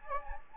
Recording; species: mosquito wingbeat signal from an infrared sensor; Anopheles gambiae